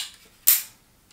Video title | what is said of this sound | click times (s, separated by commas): Erste Materialtests, eine neue Challenge ist am Start und noch anderes Gedöns. | das rastet ein und das war's und das sollte dann auch halten und | 0.5 s